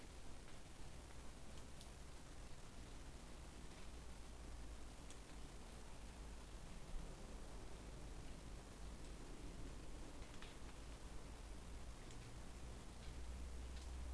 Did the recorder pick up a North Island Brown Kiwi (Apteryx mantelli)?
no